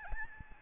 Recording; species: mosquito wingbeat signal from an infrared sensor; Aedes albopictus